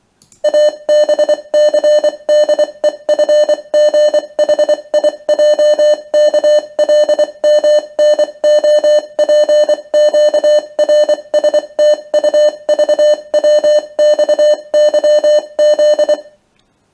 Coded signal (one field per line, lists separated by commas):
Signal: Morse code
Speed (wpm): 24 wpm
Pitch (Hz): 600 Hz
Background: none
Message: ABCDEFGHIJKLMNOPQRSTUVWXYZ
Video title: How Morse Code Works – A Code From the 19th Century Which Is Still Used Today